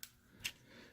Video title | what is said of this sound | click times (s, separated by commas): SHOKY REVIEWS TRANSFORMERS: War For Cybertron DELUXE CLASS SIDESWIPE | it up and you'll feel it pop into place like | 0.0 s